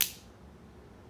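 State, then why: Seated. A small plastic Dexcom G5 CGM transmitter is slid into its glucose sensor base, and its tail is pushed down until it snaps into place. A sharp, loud, bright click comes at 0.0 s, then fades into a quiet, low background hum. The transmitter is firmly seated in the sensor pod.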